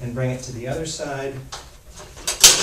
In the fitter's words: can do it from one side we bring it up until it clicks there's three holes and bring